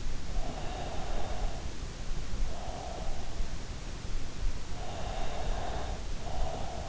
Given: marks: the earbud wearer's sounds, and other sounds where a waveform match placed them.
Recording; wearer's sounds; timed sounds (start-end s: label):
sounds in sleep by an in-ear microphone; breath
0.38-3.46 s: breath
5.01-6.84 s: breath